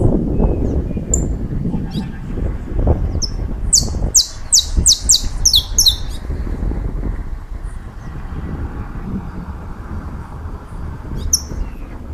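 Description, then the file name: Saffron finch song: a short burst of sharp, high, downslurred notes around four to six seconds, over a steady low rumble of background noise. "Canto-do-Canário-da-Terra"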